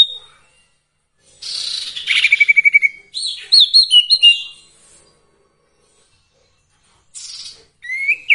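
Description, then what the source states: Sirtu song with a brief whistle, a buzzy burst leading into a quick even trill, then warbled notes and a late rising whistle. Training recording for songbirds with the full variation of sirtu phrases.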